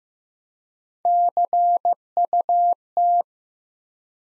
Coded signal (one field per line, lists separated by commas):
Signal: Morse code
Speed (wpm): 15 wpm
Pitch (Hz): 700 Hz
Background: none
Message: CUT